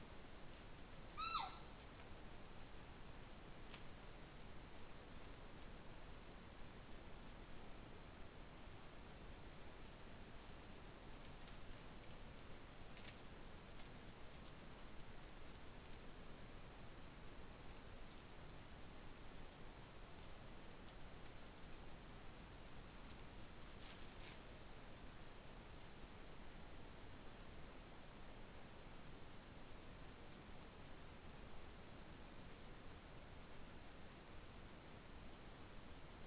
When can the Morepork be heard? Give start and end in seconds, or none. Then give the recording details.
1.13-1.47. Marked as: faintness 1/5. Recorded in New Zealand. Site Taranaki